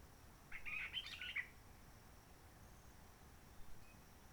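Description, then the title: Réunion bulbul singing a single brief chattering phrase early on, followed by near silence and a faint hint of another note. Roche Merveilleuse, Réunion; forest quiet since 19 March 2020, no visitors, microlights or helicopters; sunny blue sky; birds not yet active in long-distance communication; sings simpler, short phrases adapted to noise pollution. "Roche Merveilleuse, Réunion - Merle de lîle de la Réunion."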